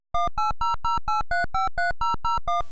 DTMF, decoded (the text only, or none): 18008353001